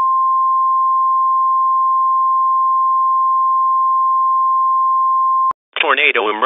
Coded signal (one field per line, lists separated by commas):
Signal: Emergency Alert System (SAME) tones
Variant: 853 and 960 Hz attention tone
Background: speech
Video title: EAS mock: Melody EF4 Tornado